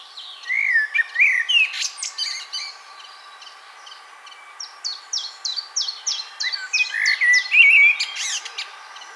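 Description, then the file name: Common blackbird with a short fluty warble, a pause, then a series of high, clipped notes and a final rich whistled phrase over a steady faint hum. "Turdus merula"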